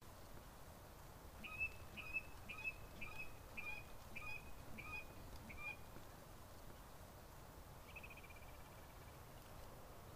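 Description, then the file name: Ruddy-breasted crake calling a series of short, sharp, high notes, repeated about twice a second, followed by a brief descending trill, over steady background noise. Recorded on 7 January 2024. "kuinahikuina 20240107"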